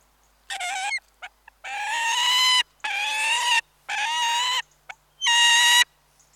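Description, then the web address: Peregrine falcon repeating long, rasping, strongly harmonic calls, with short clicks between them. Close-range annoyance and chirrup calls. "BBC Falcons"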